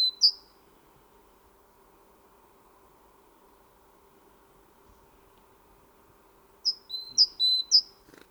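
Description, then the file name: Great tit song: a brief whistled phrase at the start, several seconds of quiet, then three repeated two-note phrases near the end. "Parus major"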